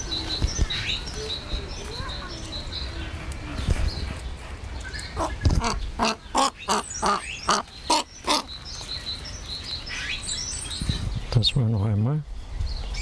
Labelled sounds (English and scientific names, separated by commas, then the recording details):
Whistling Heron (Syrigma sibilatrix)
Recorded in captivity
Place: Zoo Berlin, Berlin, DE
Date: 1996-05-05 13:22
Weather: bedeckt, 8°C
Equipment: Sony MD-WM MZ-R3, Sennheiser MKH 416 T, Kopie Uher 4000 Report Monitor
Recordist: Tembrock, Günter
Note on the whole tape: Drohend am Gitter